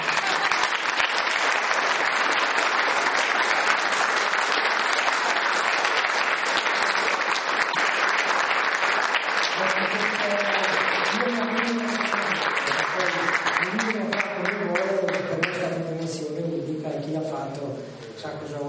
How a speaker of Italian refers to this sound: Prima ci lascia applaudire, eh?